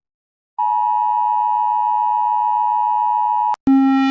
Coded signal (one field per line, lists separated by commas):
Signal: Emergency Alert System (SAME) tones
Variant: 853 and 960 Hz attention tone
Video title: Series 2: Animated EAS Alarms 3